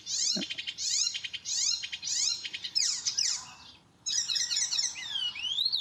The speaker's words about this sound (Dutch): Dit is zijn eigen... Dat is een spotvogel, ja, dat is... zoals die zou moeten klinken, zeg maar.